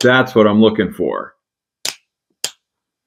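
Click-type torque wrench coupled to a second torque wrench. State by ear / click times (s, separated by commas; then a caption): torque reached / 1.8 s, 2.4 s. A click-type torque wrench coupled to a second torque wrench has torque applied again through the coupled pair, with one wrench adjusted up to 25 foot-pounds and the other left at 20 foot-pounds. After someone talks, sharp clicks sound at 1.9 s and 2.4 s as the wrench mechanisms click at their settings together, confirming simultaneous clicks that show the adjusted wrench reads 5 foot-pounds off.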